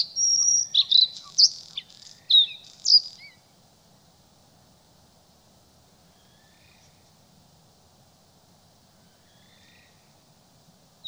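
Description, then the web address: Bluethroat song, a short varied phrase of sharp whistles and chirps lasting about three seconds, followed by near silence. "soorten geluid Blauwborst"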